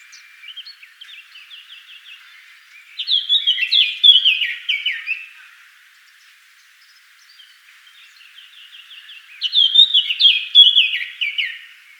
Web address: SETE data Sylvia atricapilla